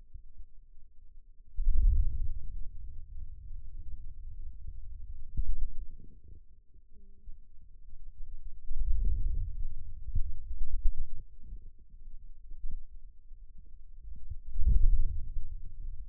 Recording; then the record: forearm muscle sounds (acoustic myography)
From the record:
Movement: wrist extension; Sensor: system 2, bracelet of six BSWA MPA416 microphones around the upper forearm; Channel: 1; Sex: male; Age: 22 years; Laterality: right